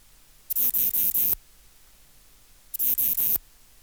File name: Ephippigerida areolaria